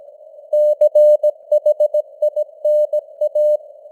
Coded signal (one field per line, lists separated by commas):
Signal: Morse code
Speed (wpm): 17 wpm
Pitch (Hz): 600 Hz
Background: none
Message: CHINA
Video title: Morse Code News | 2025-11-16 | 17wpm